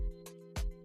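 A plastic double-jointed elbow piece from a snap-together model kit figure is handled against the figure's arm over steady background music, with a brief broadband handling noise at 0.6 s. The part has not seated or clicked in yet by the end of the clip.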